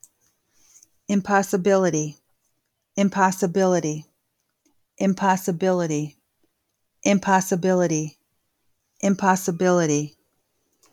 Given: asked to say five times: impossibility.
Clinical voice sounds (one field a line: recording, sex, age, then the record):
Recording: repeated word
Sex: female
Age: 40 to 49 years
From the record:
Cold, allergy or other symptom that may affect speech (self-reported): no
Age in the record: 42 years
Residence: Illinois, United States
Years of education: 20